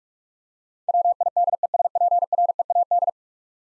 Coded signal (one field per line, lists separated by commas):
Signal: Morse code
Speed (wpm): 46 wpm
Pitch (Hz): 700 Hz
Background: none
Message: WIDESPREAD